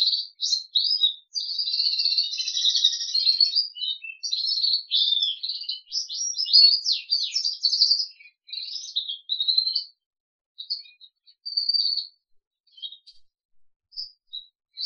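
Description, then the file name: Crested canary song, a long continuous warbling stream of rapid trills and chirps that thins into sparse short notes near the end. "audio kenari jambul"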